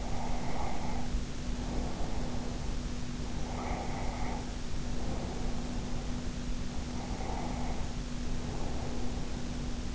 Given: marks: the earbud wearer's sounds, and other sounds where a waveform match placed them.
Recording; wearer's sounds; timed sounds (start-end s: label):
sounds in sleep by an in-ear microphone; breath
0.00-2.69 s: breath
3.25-6.43 s: breath
7.05-9.38 s: breath